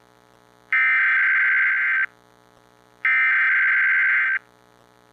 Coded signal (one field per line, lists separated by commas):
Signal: Emergency Alert System (SAME) tones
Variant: header bursts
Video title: EAS #1167-1168: 2 EAS Required Monthly Tests- May 5, 2026- 10:15AM PDT